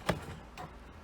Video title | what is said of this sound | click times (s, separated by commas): Un-Boxing & Reviewing the Kobalt 80v Battery Operated Self-Propelled Lawn Mower No Gas Or Oil Needed | it locks into place you want to plug it up and I | 0.1 s